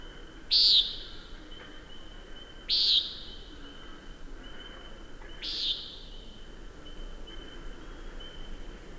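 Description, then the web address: Common nighthawk giving three brief, buzzy, nasal calls spaced about two to three seconds apart, with a constant thin whine underneath. "Songs of Birds of North America Know Your Bird Sounds. Common Nighthawk"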